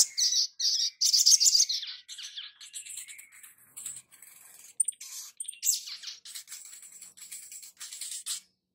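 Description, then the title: Spiderhunter song: a dense, rambling run of high twittering and squeaky notes, loud at first then softer and varied. Masteran (training recording for cage birds), Labaik variant. "Masteran Burung Sogok Ontong Labaik"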